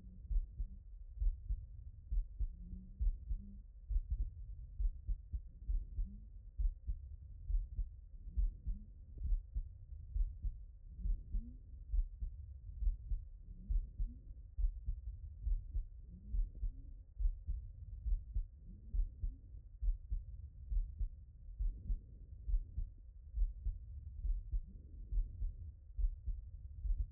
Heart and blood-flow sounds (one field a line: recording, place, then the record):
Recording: heart sounds by stethoscope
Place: tricuspid valve (TV)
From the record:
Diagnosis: HFrEF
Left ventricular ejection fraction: 22%